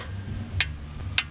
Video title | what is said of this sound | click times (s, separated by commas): How to Change CV Axle(Front-Right). Nissan Navara Frontier(D22). wheel noise when turning. Part 1/3. | so once you get that click do not push the wrench anymore you | 0.6 s, 1.2 s